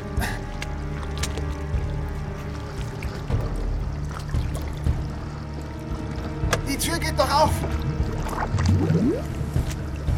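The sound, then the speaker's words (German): Cold water sloshes and gurgles steadily with pouring, splashing movement and occasional knocks around a car that is already half under water and sinking fast, while a person speaks briefly over the churning water. “Der Wagen ist schon zur Hälfte im Wasser und er sinkt schnell.”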